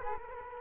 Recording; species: mosquito wingbeat signal from an infrared sensor; Culex quinquefasciatus